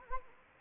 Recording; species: mosquito wingbeat signal from an infrared sensor; Anopheles arabiensis